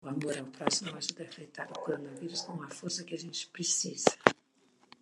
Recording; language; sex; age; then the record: spoken sentence; Brazilian Portuguese; female; 60 to 69 years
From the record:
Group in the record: control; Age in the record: 62 years